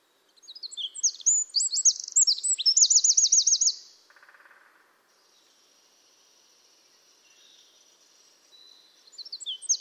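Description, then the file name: Eurasian wren singing a high, rapid string of chirps ending in a fast, ringing trill, followed by a quiet pause and the start of another song phrase. "Troglodytes troglodytes"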